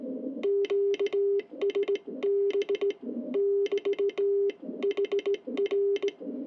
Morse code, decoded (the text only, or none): QSB <BT> HR